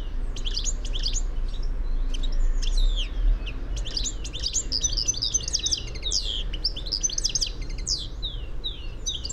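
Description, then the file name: European goldfinch twittering song, rapid liquid chirps and short buzzy trills packed closely together, running without pause over a low steady background hum. "Carduelis carduelis"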